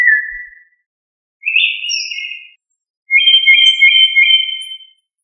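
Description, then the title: Thrush song: three clear whistled phrases separated by short pauses, the last one the longest. "Familia Turdidae - Sabia"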